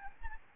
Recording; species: mosquito wingbeat signal from an infrared sensor; Aedes albopictus